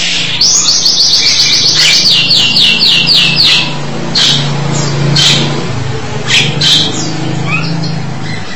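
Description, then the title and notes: Starling song: a fast run of high, repeated sweeping notes, followed by scattered harsh, scratchy notes and a low background hum. "suara burung jalak"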